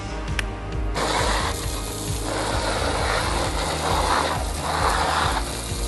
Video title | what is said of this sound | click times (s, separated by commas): Jim's How To - Spring Pool Care: Keep Your Pool Clean and Ready for Summer | about $10 from Bunnings, little high pressure tip, drops in there, clicks into place. | 0.4 s